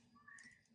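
A plastic PTFE feed tube from the AMS Lite is being handled and guided toward a plastic holding clip to keep it managed. Faint handling noise and a soft tonal whistle-like hum are heard. Nothing has seated or clicked yet.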